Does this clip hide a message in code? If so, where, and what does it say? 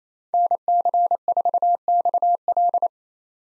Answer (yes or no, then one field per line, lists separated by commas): yes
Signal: Morse code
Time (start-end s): 0.3-2.9 s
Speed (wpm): 28 wpm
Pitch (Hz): 700 Hz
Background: none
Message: NC4XL